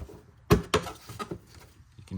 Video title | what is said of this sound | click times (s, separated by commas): Jeep Patriot Spark Plugs Replacement How-To | then you should be able to just kind of snap this in place can | 0.5 s, 0.7 s